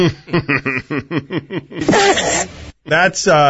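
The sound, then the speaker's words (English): A muffled sneeze by Lou Holtz: a run of short, rhythmic, snicker-like breaths builds into a broad hissing burst, then a brief pause and a final voiced exhale. “You need context for the muffled sneeze of Lou Holtz.”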